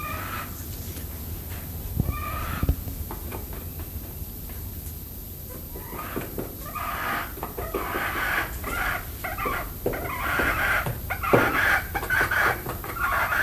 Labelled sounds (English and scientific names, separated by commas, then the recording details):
Grey Peacock-Pheasant (Polyplectron bicalcaratum) call
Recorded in captivity
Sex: male
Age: adult
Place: Zoo Berlin, Berlin, DE
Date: 2005-08-10 14:30
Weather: bedeckt, 16°C
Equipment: Sony WM-D6C, Sennheiser ME 80, Kopie Uher 4000 Report Monitor
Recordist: Tembrock, Günter